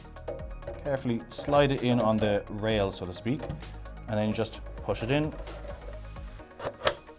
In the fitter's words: until it clicks into place